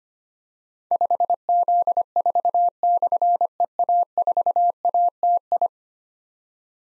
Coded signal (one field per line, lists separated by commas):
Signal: Morse code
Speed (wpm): 25 wpm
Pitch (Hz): 700 Hz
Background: none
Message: 5Z4/EA4ATI